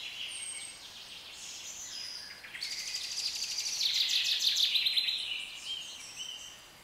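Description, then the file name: Several birds singing together, a rapid rattling trill rising out of steady high chirping and thin whistles. British birds. "Birds Atmosphere - Nature Sounds - British Birds"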